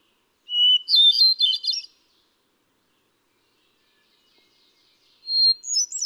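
Hermit thrush song phrases: a clear held whistle opens into a swirling, flutey flourish. After a pause of about three seconds, a higher-pitched phrase begins.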